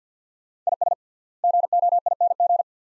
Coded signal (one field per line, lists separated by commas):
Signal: Morse code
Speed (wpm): 50 wpm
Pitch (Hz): 700 Hz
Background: none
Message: IS GOING